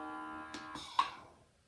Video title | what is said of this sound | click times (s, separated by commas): How To Get Started Preserving Your Food And Equipment I Recommend. | okay now I heard a little click | 1.0 s